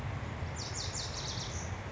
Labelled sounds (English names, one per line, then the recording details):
Lazuli Bunting
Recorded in Sonoma County, California